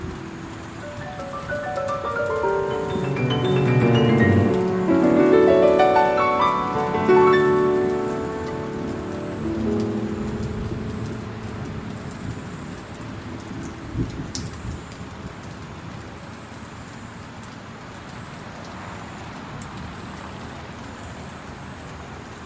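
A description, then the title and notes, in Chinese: Piano music plays over steady rain, a slow run of ringing notes that swells in the first ten seconds and then fades away. The rain's even hiss carries on alone afterward, broken by one sharp crack around fourteen seconds. 鋼琴音樂配合雷雨的聲音。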